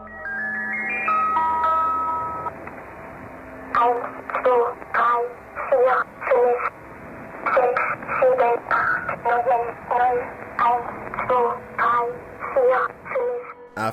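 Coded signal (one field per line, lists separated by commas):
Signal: numbers station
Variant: Swedish Rhapsody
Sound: short music-box style melody, then a voice reading short evenly spaced words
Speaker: Numéro 12 : Swedish Rhapsody No. 1 - Ceci est une station de nombre.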